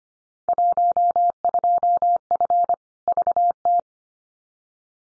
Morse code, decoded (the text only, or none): 12F VT